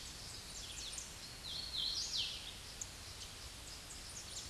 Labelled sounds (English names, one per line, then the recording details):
Hooded Warbler song
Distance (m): 25 m
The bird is about 10 m above the microphone
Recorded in a Pennsylvania forest on 16 May 2024 at 07:58
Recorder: AudioMoth, point MSD-0814
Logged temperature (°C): 15.8 °C
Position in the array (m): 142 m, 101 m